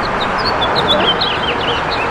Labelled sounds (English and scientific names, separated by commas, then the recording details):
House Finch (Haemorhous mexicanus) song
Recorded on Long Island, New York, on 28 June 2012
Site SB
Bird B